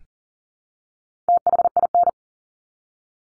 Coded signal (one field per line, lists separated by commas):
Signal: Morse code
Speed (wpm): 40 wpm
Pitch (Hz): 700 Hz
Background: none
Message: THIN